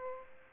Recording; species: mosquito wingbeat signal from an infrared sensor; Aedes aegypti